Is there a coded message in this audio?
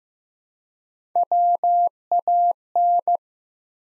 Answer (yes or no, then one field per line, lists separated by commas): yes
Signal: Morse code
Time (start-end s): 1.2-3.2 s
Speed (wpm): 15 wpm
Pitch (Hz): 700 Hz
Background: none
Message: WAN